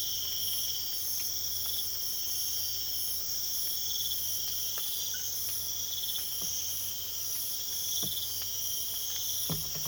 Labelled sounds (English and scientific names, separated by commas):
none